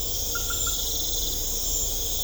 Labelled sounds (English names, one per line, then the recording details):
none
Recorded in secondary vegetation near Puerto Asís, Putumayo, Colombia, on 18 December 2024 at 21:30
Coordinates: 0.500, -76.326
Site G065